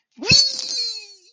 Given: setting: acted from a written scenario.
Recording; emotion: vocal sound without words; elation